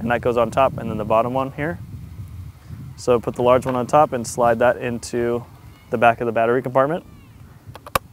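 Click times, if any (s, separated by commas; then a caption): 8.0 s. A flight battery for a DJI Phantom 4 RTK drone is slid, large tab on top, into the back of the drone's battery compartment while someone talks. A few faint ticks lead to a loud, sharp snap at 8.0 s as the battery clicks home and seats.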